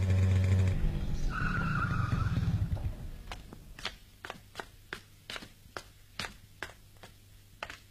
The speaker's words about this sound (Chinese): 在深夜寂静的街上，一辆摩托车飞速地穿过大街小巷，停在田海家的门口。